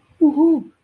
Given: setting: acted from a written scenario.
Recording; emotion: vocal sound without words; triumph